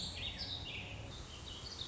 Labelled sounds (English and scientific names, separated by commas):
Warbling Vireo (Vireo gilvus)